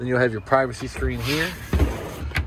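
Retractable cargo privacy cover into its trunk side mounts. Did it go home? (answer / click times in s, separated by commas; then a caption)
yes / 2.4 s. Someone talks while a retractable cargo privacy cover in the trunk of a 2019 Toyota RAV4 is pulled out, with a rubbing, scraping sound around 1.7–1.9 seconds. One sharp hit at 2.4 seconds marks the cover locking into place in its side mounts.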